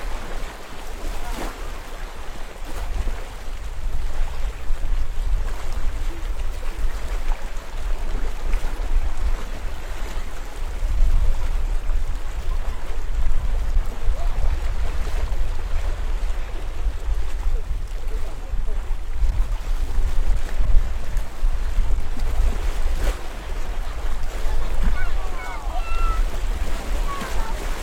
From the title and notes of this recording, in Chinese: 防波堤的大石块上长满了牡蛎壳，海浪不断冲刷着这些石头。海浪和海风也更大了一些。我把录音机拿在了手上。站在汕头东海岸的海堤上。